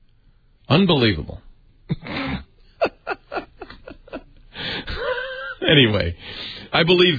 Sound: laughing